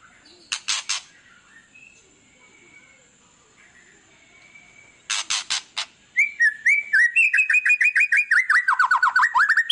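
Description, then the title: White-rumped shama: a few clicks and soft whistles, a burst of loud clicks, then a loud fast series of repeated whistled notes. Song used as a lure to make other birds respond. "PANCINGAN MURAI BATU GACOR"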